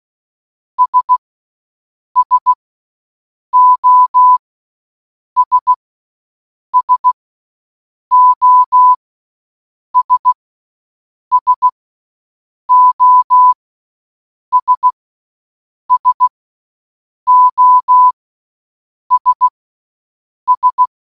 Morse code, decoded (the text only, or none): S SOS SOS SOS SOS S